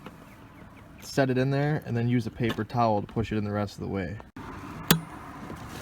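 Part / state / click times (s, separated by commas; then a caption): brake/tail light bulb into rear lamp socket / seated / 4.9 s. Someone talks while a 3057 wedge brake/tail light bulb for a four-door Chevy Cobalt/Pontiac G5 is set into its plastic tail-light socket in the rear lamp, then pushed the rest of the way in with a paper towel. A single sharp click is heard at 4.9 s as the bulb snaps fully into the socket, the sign that it is seated.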